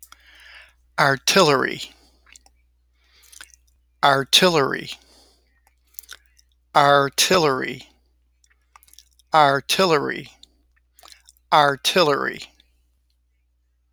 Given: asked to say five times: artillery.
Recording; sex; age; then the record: repeated word; male; 60 to 69 years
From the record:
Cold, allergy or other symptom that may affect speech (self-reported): no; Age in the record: 66 years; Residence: Alabama, United States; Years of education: 19